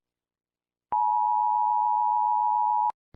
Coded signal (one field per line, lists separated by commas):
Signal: Emergency Alert System (SAME) tones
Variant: 853 and 960 Hz attention tone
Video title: EAS scenario #2 the green moon part 2